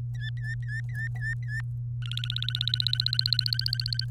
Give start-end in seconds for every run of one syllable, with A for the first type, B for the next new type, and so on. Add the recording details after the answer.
0.14-1.61 A, 2.02-4.05 B. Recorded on 3 May 2018 at 16:58. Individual llb3